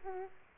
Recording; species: mosquito wingbeat signal from an infrared sensor; Aedes aegypti